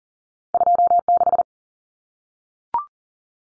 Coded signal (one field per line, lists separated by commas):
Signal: Morse code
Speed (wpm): 40 wpm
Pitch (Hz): 700 Hz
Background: none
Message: 26